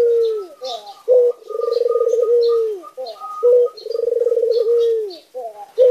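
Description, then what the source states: Barbary dove repeating purring, rolling coos with short clipped notes between; scattered high chirps of other birds. White Barbary dove (puter putih).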